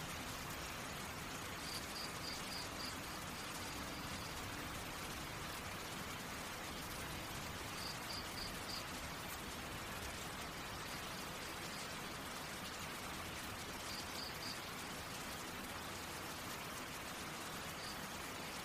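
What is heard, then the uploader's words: Rain pours down in a steady, dense hiss that stays at the same level throughout, full from low patter to bright spray. A faint, high, rapid little chirping recurs roughly every six seconds behind the downpour. Feel the rhythm of the rain as it taps against the windowpane or dances on the leaves outside.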